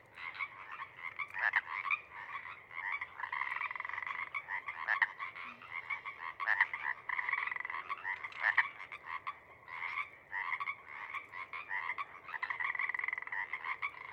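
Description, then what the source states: Pacific Chorus Frogs chorusing steadily, many overlapping raspy ribbits and creaky trills forming a continuous pulsing din with occasional louder notes. More frogs of a pod joining the calling after sunset, up from overnight burrows; night of April 21–22, 2019, Sinlahekin Valley; species lives in marshy wetlands.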